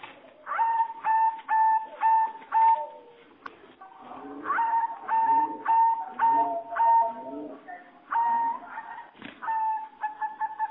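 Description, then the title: Java sparrow singing a chain of short ringing notes, each with a bright upper edge, with lower warbling sounds woven through the middle of the phrase. "kicau gelatik"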